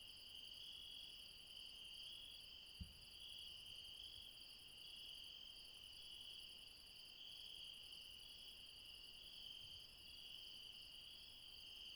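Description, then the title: Insects in an unbroken high trilling chorus, one upper layer pausing briefly now and then, a soft low knock early on. Insects late at night in the mountains at Refuge Krevatia, Barbala, Dion, Greece. "Refuge Krevatia, Μπαρμπαλά, Dion 601 00, Greece - Late night mountain insects"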